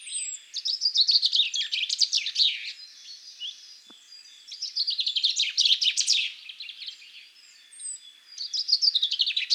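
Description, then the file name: Common chaffinch song: three vigorous phrases of rapid chipping notes, the first two lasting about two seconds and the third cut short, with pauses between. "Fringilla coelebs"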